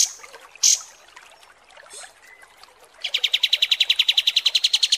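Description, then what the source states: Kapas tembak song: a few scattered sharp notes, then a fast, even trill of high notes. Masteran (song-training) recording of kapas tembak song, described as mewah.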